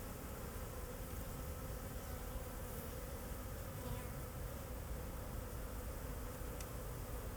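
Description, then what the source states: Bee: steady low buzzing of bees throughout, over a continuous background rumble with one faint click near the end. Bees flying around the recordist in Jacques Brelpark, Kersbeeklaan, Vorst, Belgium; train in the background; recorded binaurally with a Sennheiser Ambeo binaural headset.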